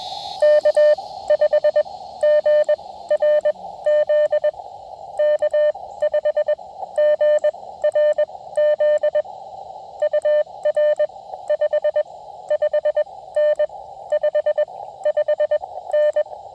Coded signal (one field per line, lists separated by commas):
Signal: Morse code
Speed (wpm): 20 wpm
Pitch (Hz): 600 Hz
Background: none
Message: K5GRZ K5GRZ UR 55N 55N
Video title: Tabletop Mast Mount and a new key - 20m late shift POTA